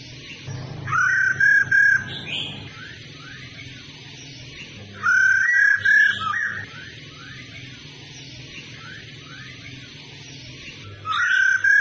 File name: Tieng khuou mai ro kich trong hot